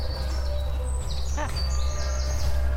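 Birds sing in a series of short, high-pitched chirps and tweets over a steady low rumble of background noise.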